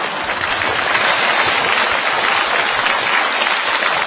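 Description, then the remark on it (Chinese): Steady, dense clapping from a crowd fills the whole stretch, a loud continuous patter of many hands with no voices standing out above it. “您这鼓掌什么意思？”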